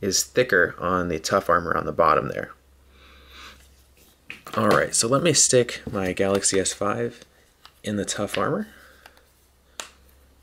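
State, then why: Seated. Someone talks while a Galaxy S5 smartphone is pressed into a Spigen Tough Armor rugged two-layer plastic protective case. A sharp snap at 9.8 s marks the phone seating fully in the case.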